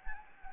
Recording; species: mosquito wingbeat signal from an infrared sensor; Anopheles gambiae